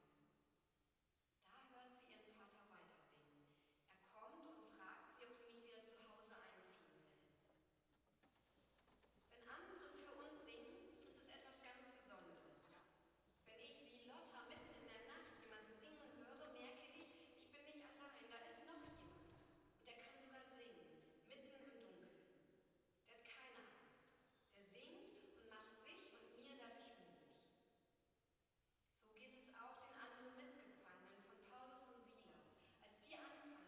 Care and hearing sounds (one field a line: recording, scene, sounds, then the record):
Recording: everyday scene through a hearing-aid microphone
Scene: reverberant space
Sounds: speech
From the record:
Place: church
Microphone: in the ear canal, right